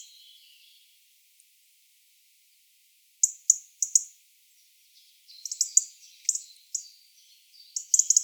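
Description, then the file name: European robin calls: after a quiet start, sharp high ticks come in quick pairs and triplets, with faint high warbling between them. "Erithacus rubecula"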